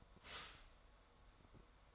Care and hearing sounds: daily activity, microphone in the room; stop toaster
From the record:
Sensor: 3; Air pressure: 1014.7 hPa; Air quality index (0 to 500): 198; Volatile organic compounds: 25 ppm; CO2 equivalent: 2827 ppm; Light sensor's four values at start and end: 4/11/4/4 and 4/11/4/4

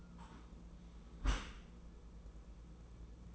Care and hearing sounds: daily activity, microphone in the room; close dishwasher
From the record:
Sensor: 1

